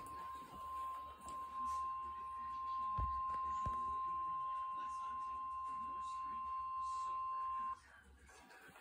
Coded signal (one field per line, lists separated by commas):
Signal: Emergency Alert System (SAME) tones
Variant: 1050 Hz attention tone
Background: speech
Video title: EAS 173 RWT (3/13/24)